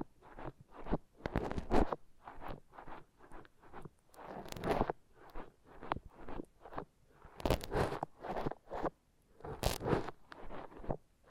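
Foam massage: a steady series of short rubbing and squeaking strokes, roughly two per second, each a soft scrape with a brighter, zipper-like edge. A few louder, sharper strokes stand out near the two-, five-, seven- and ten-second marks.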